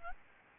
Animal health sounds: mosquito wingbeat signal from an infrared sensor; Aedes albopictus

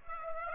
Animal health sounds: mosquito wingbeat signal from an infrared sensor; Aedes aegypti

